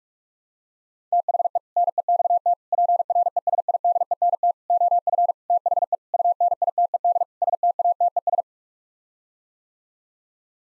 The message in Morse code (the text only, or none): THE NEXT PRESIDENT OF THE UNITED STATES